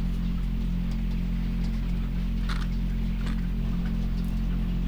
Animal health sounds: poultry house recording; sick chickens (respiratory disease)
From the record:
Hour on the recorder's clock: 5

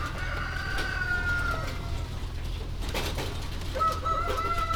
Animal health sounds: poultry house recording; healthy chickens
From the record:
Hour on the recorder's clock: 18

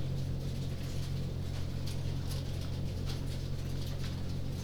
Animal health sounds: poultry house recording; no chicken sound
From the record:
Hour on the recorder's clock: 20

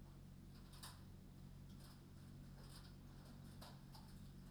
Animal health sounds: poultry house recording; no chicken sound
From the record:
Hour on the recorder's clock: 22

